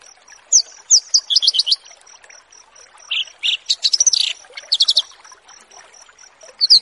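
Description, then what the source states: Horsfield's bush lark song with quick clusters of high, clipped chirping notes and brief rattles separated by short pauses, a steady high ticking running underneath. Branjangan song used for bird-keeping tutoring (masteran).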